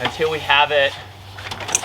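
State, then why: Seated. Someone talks while the extension section of a Little Giant M26 Leveler folding aluminum ladder is slid out foot by foot to the chosen position. At 1.8 s the spring lock lever on one side snaps into its rung position hole with a sharp click, locking that side into place.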